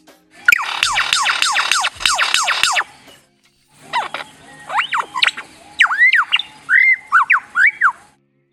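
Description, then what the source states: Lyrebird mimicry: a rapid burst of repeated descending laser-like zaps, a short pause, then a string of rising and falling electronic whistles and bleeps like a droid. Australian ground-dwelling bird mimicking its surrounding soundscape; these sounds resemble a blaster and a droid.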